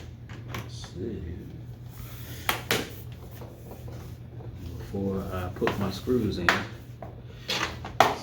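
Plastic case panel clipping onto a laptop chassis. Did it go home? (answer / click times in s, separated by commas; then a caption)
yes / 8.0 s. A plastic case panel is slid back onto an HP Envy 17 laptop chassis during a battery replacement and pressed down, before the screws go in, so its small clips snap into place. Someone talks over quiet handling taps, with sharper knocks near 2.5 and 2.7 seconds. A loud, crisp snap at 8.0 seconds marks the clips seating.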